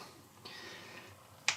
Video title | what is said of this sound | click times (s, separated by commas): Gundam Starscream Transformer Build 1 | There we go. Oh, I just heard it pop even. | 1.5 s